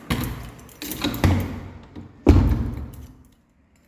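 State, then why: Not seated. Someone tries to lock a hotel room door lock from the outside, making a series of metallic clicks, rattles and thumps, with the loudest knock around 2.3 s before the sound fades. The door does not lock; nothing has clicked into place yet.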